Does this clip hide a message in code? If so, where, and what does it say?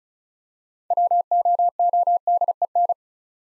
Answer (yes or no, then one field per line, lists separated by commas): yes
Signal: Morse code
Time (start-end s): 0.9-2.9 s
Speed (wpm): 36 wpm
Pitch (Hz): 700 Hz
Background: none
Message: WOODEN